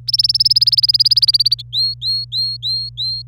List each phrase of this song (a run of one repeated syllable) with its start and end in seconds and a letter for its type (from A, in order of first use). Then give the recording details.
0.07-1.62 A, 1.73-3.22 B. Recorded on 25 April 2018 at 18:18. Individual llb3